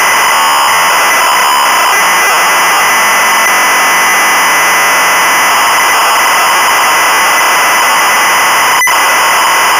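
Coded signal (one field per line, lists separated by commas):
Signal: ZX Spectrum tape loading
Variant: Sinclair ZX Spectrum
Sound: continuous harsh screeching warble of rapidly alternating tones, like loud buzzing static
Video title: The Great Escape (1984) - Sinclair ZX Spectrum (Full Tape Rip / Cassette Load)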